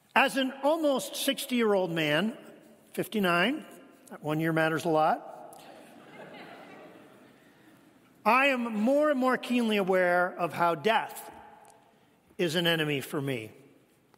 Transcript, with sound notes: As an almost 60-year-old man, 59, that one year matters a lot-
(laughs)
... I am more and more keenly aware of how death is an enemy for me.